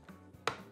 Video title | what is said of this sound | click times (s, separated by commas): Mini Kinder 3D Drucker / Geeetech M1 Review / SU | would have thought that it should snap into place and it does | 0.5 s